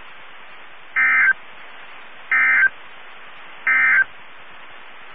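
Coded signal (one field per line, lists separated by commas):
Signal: Emergency Alert System (SAME) tones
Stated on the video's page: Severe thunderstorm alerts for the Texas and Oklahoma Panhandles from NOAA Weather Radio, Amarillo.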